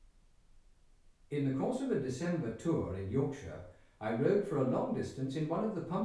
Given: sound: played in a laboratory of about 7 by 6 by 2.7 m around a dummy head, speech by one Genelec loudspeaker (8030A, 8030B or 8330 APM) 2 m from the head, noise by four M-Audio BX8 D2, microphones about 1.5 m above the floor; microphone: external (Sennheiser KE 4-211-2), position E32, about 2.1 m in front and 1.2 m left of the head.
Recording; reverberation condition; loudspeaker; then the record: male speech in English; medium; 150 degrees to the right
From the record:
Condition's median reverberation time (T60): about 510 ms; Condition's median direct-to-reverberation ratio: about -0.5 dB